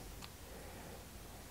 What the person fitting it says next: il vient juste se clipser. Voilà.